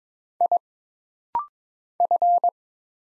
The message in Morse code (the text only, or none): I F